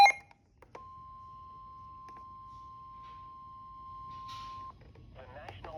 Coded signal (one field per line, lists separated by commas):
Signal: Emergency Alert System (SAME) tones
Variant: 1050 Hz attention tone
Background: speech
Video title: NOAA Weather Radio Series | Compilation | EAS #2 ~ #12